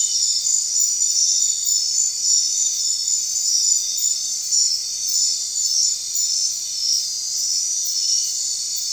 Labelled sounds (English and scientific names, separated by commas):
none